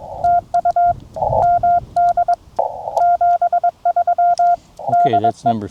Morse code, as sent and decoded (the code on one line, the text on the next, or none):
- ..- / -- -.. / --... ...-- / -.. .
TU MD 73 DE